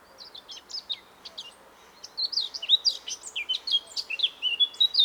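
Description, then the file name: Eurasian blackcap song: short, hesitant twitters at first, then a louder, rapid run of jumbled warbling and chattering notes. "Sylvia atricapilla"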